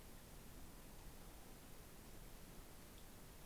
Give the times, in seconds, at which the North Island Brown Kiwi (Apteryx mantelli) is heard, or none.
none